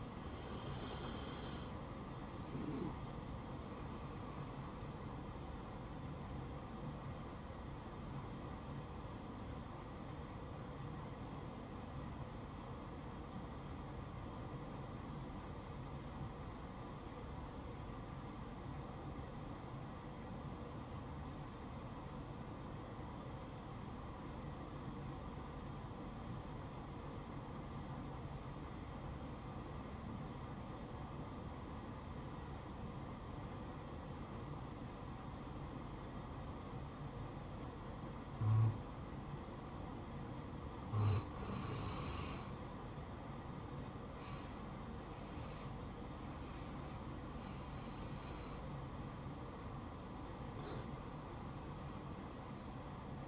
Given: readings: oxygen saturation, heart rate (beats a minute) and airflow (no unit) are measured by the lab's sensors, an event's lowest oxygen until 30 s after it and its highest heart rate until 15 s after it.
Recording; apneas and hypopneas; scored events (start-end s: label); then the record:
breathing in sleep by a smartphone at the bedside; 1
11.00-43.30 s: obstructive apnea (N2, oxygen 95% highest, then 87% lowest, heart rate 67 at the start, 73 highest)
49.00-53.28 s: new sleep stage, N1 (lightest sleep)
From the record:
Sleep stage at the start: N2 (light sleep); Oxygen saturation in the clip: 86 to 95%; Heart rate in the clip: 58 to 73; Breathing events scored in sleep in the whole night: 573 in 9.8 hours asleep